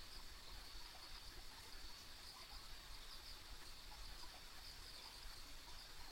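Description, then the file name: A high, shimmering insect chorus with small pulsed bursts, steady across the whole stretch, over soft low rumbling noise. Ambient insect sounds recorded on a country road. "田舎道の虫の環境音"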